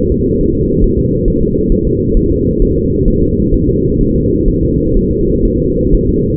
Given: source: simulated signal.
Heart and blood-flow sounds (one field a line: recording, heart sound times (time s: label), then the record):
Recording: fetal heart sounds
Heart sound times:
0.12 s: S2
0.41 s: S1
0.56 s: S2
0.84 s: S1
0.99 s: S2
1.28 s: S1
1.43 s: S2
1.72 s: S1
1.87 s: S2
2.17 s: S1
2.32 s: S2
2.62 s: S1
2.77 s: S2
3.08 s: S1
3.23 s: S2
3.54 s: S1
3.69 s: S2
4.01 s: S1
4.16 s: S2
4.48 s: S1
4.63 s: S2
4.97 s: S1
5.11 s: S2
5.45 s: S1
5.60 s: S2
5.94 s: S1
6.09 s: S2
From the record:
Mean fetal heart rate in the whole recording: 130 bpm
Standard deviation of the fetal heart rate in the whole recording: 4 bpm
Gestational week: 38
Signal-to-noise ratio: -14.7 dB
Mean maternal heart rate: 72 bpm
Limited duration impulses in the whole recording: present